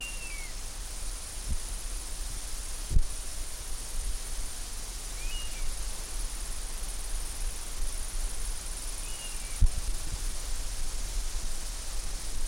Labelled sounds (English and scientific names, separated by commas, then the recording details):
European Honey Buzzard (Pernis apivorus) call
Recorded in the wild
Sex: pair
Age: adult
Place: Groß Dölln, Schorfheide, Brandenburg, DE
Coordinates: 53.01, 13.58
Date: 1996-08-04 16:26
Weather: wechselnd heiter bis wolkig, 15-18°C
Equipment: Sony MD-WM MZ-R3, Sennheiser ME 80, Kopie Uher 4000 Report Monitor
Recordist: Tembrock, Günter
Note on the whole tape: Paar: Flugrufe. Bei Moorlake